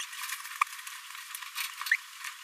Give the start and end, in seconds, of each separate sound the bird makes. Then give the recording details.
1.91-1.96. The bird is a male. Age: 26 days. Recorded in a nest box in Venezuela. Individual 17B42A3